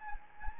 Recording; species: mosquito wingbeat signal from an infrared sensor; Anopheles gambiae